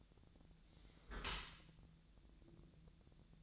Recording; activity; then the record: daily activity, microphone in the room; close dishwasher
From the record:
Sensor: 3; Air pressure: 1006.7 hPa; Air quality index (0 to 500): 207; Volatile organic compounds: 19 ppm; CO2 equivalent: 2643 ppm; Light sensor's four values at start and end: 10/25/10/10 and 10/25/10/10